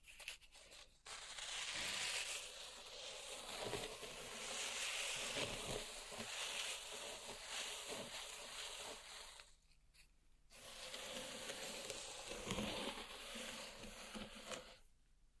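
Pink salt being raked and rubbed in a zen garden, a dense, bright grainy scratching that rises and falls in long sweeping strokes. The rustle pauses briefly near one second and again around ten seconds, then resumes. Occasional soft low thumps sit beneath the texture.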